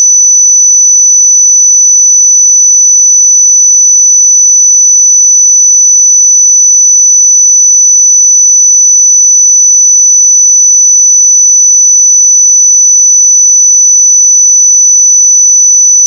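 A pure sine tone at 5984 Hz holds perfectly steady for the full sixteen seconds, thin and piercingly high. Its loudness never wavers, and nothing else sounds behind it.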